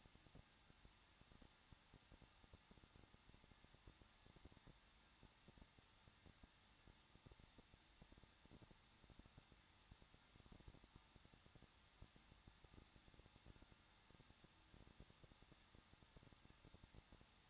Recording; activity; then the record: daily activity, microphone in the room; no activity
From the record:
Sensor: 3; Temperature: 21.2 degrees Celsius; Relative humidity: 36.3%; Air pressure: 1006.3 hPa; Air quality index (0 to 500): 222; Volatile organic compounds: 41 ppm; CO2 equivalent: 3172 ppm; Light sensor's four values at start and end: 2/3/2/2 and 2/3/2/2